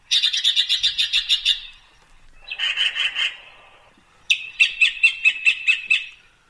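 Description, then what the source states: Yellow-billed Magpie chatter: three bursts of rapid, harsh, nasal notes, the second burst lower and the third starting with a sharp note. Mystery bird contest preview on a radio show; later identified by a caller as yellow-billed magpie.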